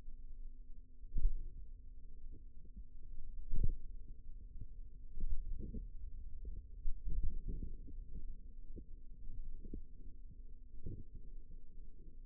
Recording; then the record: forearm muscle sounds (acoustic myography)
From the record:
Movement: finger pinch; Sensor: system 2, bracelet of six BSWA MPA416 microphones around the upper forearm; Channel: 4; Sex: female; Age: 22 years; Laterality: right